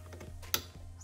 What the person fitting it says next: okay i heard a little snap